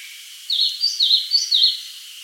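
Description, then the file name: Eastern crowned warbler calling, a run of four or five high, slurred notes that rise and dip in quick succession over steady background hiss. "Phylloscopus coronatus"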